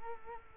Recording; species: mosquito wingbeat signal from an infrared sensor; Culex quinquefasciatus